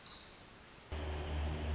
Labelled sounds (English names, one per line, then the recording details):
Pacific Wren
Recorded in Sonoma County, California